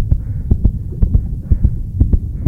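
Rapid heartbeat of an adult bus driver after being verbally abused, insulted and threatened.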